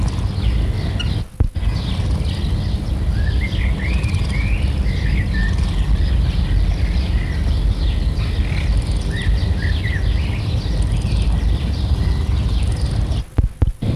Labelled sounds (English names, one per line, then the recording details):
Black-tailed Prairie Dog
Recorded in captivity
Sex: group
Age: diverse
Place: Tierpark Berlin, Berlin, DE
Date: 1962-06-18 20:00
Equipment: Minifon, Kopie Smaragd
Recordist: Tembrock, Günter